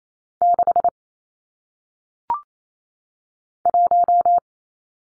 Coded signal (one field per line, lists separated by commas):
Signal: Morse code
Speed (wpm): 28 wpm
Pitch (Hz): 700 Hz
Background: none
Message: 6 1